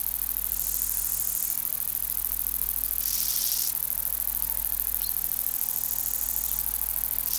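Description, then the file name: Long-winged conehead singing a high, sizzling buzz that pulses into louder stretches of about a second each, separated by softer continuous hiss, low hum in the background. "Conocephalus discolor"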